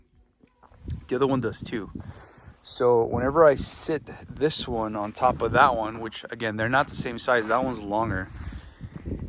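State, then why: Not seated. Someone talks while setting a plastic rolling rugged storage case on top of another, longer case of a different size, with a few faint knocks near 0.5–0.9 s and at 9.2 and 9.4 s. The upper case does not snap onto the lower one; it only sits in place, and nothing has clicked.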